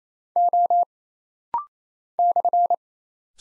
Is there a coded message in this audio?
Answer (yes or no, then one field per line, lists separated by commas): yes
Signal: Morse code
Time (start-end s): 0.4-2.7 s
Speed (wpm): 27 wpm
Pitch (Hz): 700 Hz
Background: none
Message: O /